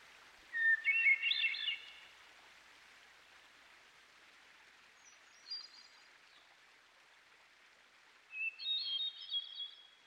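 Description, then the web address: Hermit thrush, softer song phrases: a low whistle-and-flourish, a brief faint high fragment, then a higher ringing phrase, with running water throughout. By a stream. "Dan Gibson Songbirds By The Stream. Hermit Thrush"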